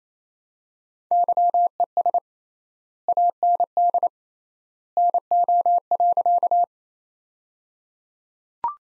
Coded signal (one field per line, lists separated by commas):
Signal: Morse code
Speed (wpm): 28 wpm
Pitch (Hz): 700 Hz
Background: none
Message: YES AND NO.